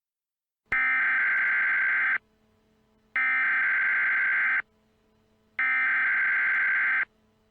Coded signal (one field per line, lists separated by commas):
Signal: Emergency Alert System (SAME) tones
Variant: header bursts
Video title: EAS Tornado